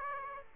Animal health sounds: mosquito wingbeat signal from an infrared sensor; Aedes aegypti

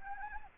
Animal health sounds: mosquito wingbeat signal from an infrared sensor; Anopheles arabiensis

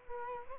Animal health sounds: mosquito wingbeat signal from an infrared sensor; Culex quinquefasciatus

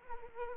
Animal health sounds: mosquito wingbeat signal from an infrared sensor; Anopheles arabiensis

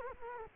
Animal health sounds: mosquito wingbeat signal from an infrared sensor; Culex quinquefasciatus

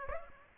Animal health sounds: mosquito wingbeat signal from an infrared sensor; Aedes aegypti

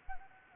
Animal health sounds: mosquito wingbeat signal from an infrared sensor; Anopheles gambiae

